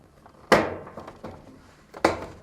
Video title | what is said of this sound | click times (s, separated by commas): How to replace Fisher & Paykel top load dryer heating elements part # 395583 | Now, reinstall the top cover by aligning the notches and pushing until they snap back in place. | 0.5 s, 2.1 s